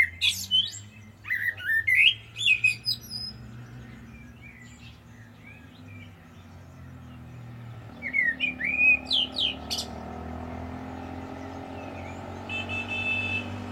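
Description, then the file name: Common blackbird song: a warbling phrase with high squeaky flourishes near the start, a long quiet stretch, then another phrase later, with low hum throughout. "Turdus merula"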